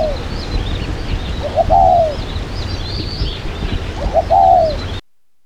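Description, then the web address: Dove giving two soft cooing phrases, short lead-in notes followed by a drawn-out falling coo, over twittering birds and low background hum. "birdcall Sdove"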